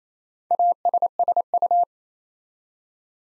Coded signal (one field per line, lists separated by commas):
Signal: Morse code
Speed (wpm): 27 wpm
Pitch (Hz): 700 Hz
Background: none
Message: ASSU